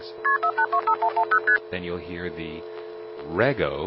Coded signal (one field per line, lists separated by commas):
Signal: multi-frequency trunk signalling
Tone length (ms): 90 ms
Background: speech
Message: KP4825110ST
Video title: Carolina Telephone Part 3 - LD Calls from Greenville NX1